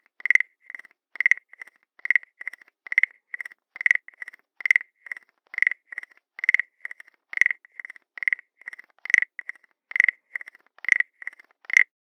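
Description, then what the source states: Frog giving a continuous series of brief clicky croaks, roughly one per second, each trailed by a faint echo-like click, with no other sounds present. Small frog calling continuously.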